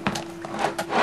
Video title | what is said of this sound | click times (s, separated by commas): full metal Dboys M4 RIS - REVIEW PART 1 | it doesn't click really well you must force it a bit | 0.1 s